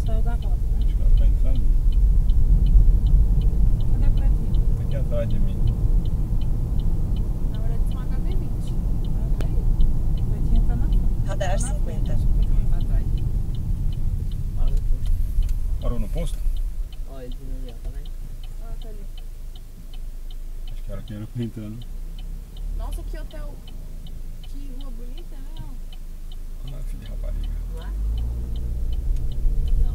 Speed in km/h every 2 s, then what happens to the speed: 45, 49, 52, 54, 55, 53, 42, 15, 3, 0, 0, 0, 0, 0, 10.
0-3 speeds up to 52. 3-10 steady at about 53. 10-17 brakes to 0. 17-27 standing. 27-30 pulls away to 10.